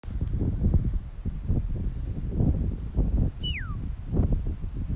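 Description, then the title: Red-tailed hawk giving a single descending scream, sliding downward in pitch, over gusting wind noise. Calling over windy San Pedro. "Red tailed Hawk talking over windy San Pedro"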